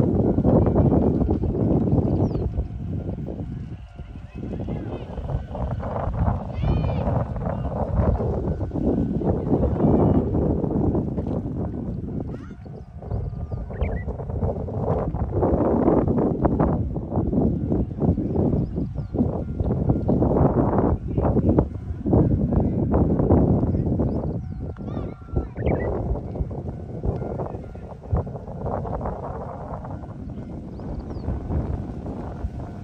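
Heavy wind buffets the microphone throughout with a loud, gusty low rumble, while faint voices or animal calls and occasional knocks drift underneath.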